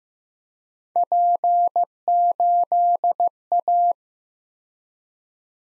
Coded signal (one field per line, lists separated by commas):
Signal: Morse code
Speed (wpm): 15 wpm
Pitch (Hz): 700 Hz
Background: none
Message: P8A